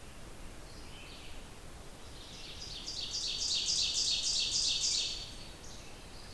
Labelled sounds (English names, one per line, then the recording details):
Ovenbird song
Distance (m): 30 m
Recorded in boreal forest in Alberta, Canada, on 28 June 2016 at 06:31
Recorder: SongMeter 3, array SBT-6-79
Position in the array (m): 20 m, 143 m
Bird 40